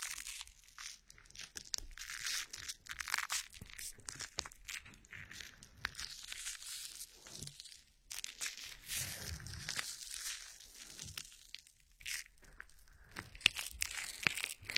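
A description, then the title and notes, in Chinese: Ear massage with oil: dense, crinkly rubbing and slick squishing, crisp and bright with rapid irregular strokes. Brief pauses break it near 1, 8 and 12 seconds, and a soft muffled rumble of pressing swells around 9 to 10 seconds. 精油揉耳按摩。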